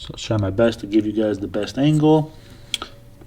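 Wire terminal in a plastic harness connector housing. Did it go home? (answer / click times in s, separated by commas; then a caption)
released / 2.7 s. Someone talks, then a small flat screwdriver releases the terminal lock on a wire terminal in a plastic harness connector housing from a VW/Audi engine harness. A sharp faint click sounds at 2.7 s, followed by a softer tick at 2.8 s, as the terminal clicks out of the connector.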